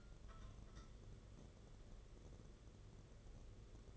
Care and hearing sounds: daily activity, microphone in the room; take from stove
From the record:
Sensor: 4

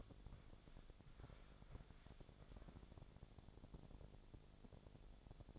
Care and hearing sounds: daily activity, microphone in the room; walk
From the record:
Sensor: 5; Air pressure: 1000.6 hPa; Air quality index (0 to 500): 139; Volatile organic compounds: 2 ppm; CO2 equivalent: 1080 ppm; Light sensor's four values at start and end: 49/114/48/50 and 49/114/48/50

